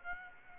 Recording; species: mosquito wingbeat signal from an infrared sensor; Aedes aegypti